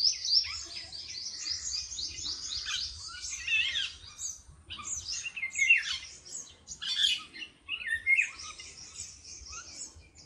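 Bird singing a high, hurried twitter of chirps and trills, broken into several bursts by short gaps, with some sharp downward whistles throughout.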